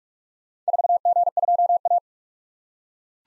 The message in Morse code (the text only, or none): 4G2A